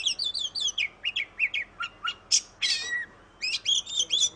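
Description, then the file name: Oriental magpie-robin giving quick whistled chirps, then two harsh buzzy bursts, then a new run of bright, rapid notes. Masteran tutor song in the tembakan style. "kacer masteran tembakan"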